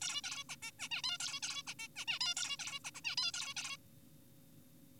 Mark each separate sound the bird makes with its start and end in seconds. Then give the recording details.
0.02-0.21, 0.24-0.44, 0.49-0.56, 0.62-0.71, 0.79-0.89, 0.91-1.02, 1.04-1.17, 1.20-1.40, 1.43-1.62, 1.67-1.74, 1.79-1.88, 1.96-2.05, 2.08-2.19, 2.21-2.34, 2.37-2.56, 2.59-2.80, 2.85-2.91, 2.95-3.01, 3.04-3.16, 3.18-3.31, 3.34-3.54, 3.56-3.77. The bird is an adult. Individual g4p5U